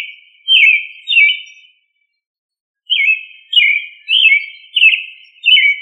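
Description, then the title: Thrush song: two crisp downslurred whistles, a silent pause of about a second, then five more quick descending high notes in steady succession. "Familia Turdidae - Sabia"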